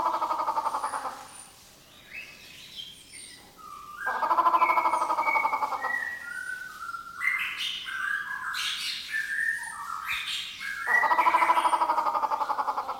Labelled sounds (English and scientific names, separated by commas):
Grey Peacock-Pheasant (Polyplectron bicalcaratum)